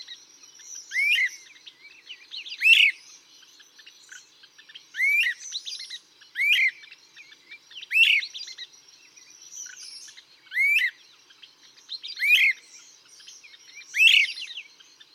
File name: Great Crested Flycatcher